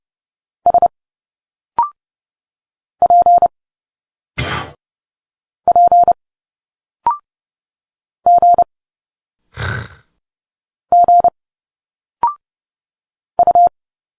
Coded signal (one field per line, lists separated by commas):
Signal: Morse code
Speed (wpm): 30 wpm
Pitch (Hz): 700 Hz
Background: none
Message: S P P G G U